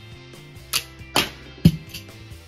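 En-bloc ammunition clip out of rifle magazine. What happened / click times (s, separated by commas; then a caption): The metal clip released and popped out / 1.7 s. The clip release button on a Mannlicher M1895 (Steyr M95, 8x56) straight-pull bolt-action rifle is pressed, and the metal en-bloc ammunition clip unlatches and comes out of the magazine. Two short bursts of mechanical noise at about 0.7 and 1.2 s lead up to a sharp mechanical hit at 1.7 s, followed by a softer knock near 2.0 s. The clip is released.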